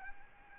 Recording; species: mosquito wingbeat signal from an infrared sensor; Aedes albopictus